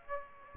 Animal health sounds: mosquito wingbeat signal from an infrared sensor; Aedes aegypti

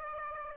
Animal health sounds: mosquito wingbeat signal from an infrared sensor; Aedes aegypti

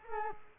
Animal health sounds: mosquito wingbeat signal from an infrared sensor; Culex quinquefasciatus

